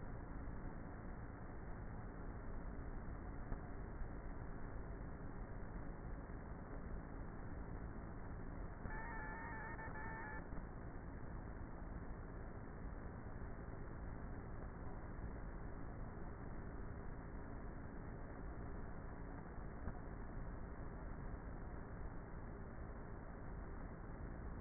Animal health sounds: honeybee colony, microphone inside the hive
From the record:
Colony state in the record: queenless with a low population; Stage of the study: before two queens were removed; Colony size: about 30,000 bees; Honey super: no

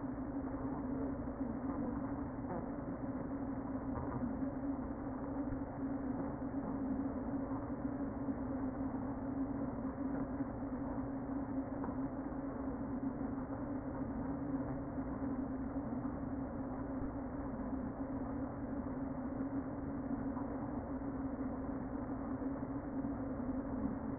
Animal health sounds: honeybee colony, microphone inside the hive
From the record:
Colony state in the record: queen present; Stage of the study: before two queens were removed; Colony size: about 60,000 bees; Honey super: yes

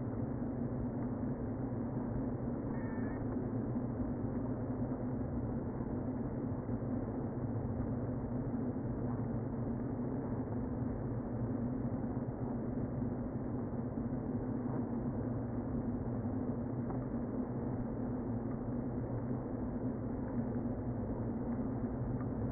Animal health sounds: honeybee colony, microphone inside the hive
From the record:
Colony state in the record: queen present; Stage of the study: before two queens were removed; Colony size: about 60,000 bees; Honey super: yes

